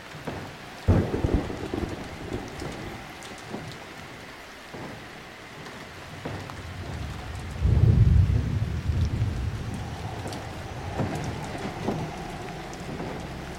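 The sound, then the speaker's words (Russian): Steady rain hisses and patters throughout while deep rolls of thunder rumble, with a sharp crack near the start and a heavier, booming roll midway. “Начался дождь.”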